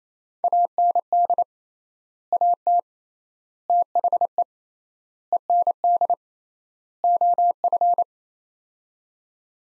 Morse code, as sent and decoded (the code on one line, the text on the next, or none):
.- -. -.. / .- - / - .... . / . -. -.. / --- ..-.
AND AT THE END OF